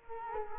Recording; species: mosquito wingbeat signal from an infrared sensor; Culex quinquefasciatus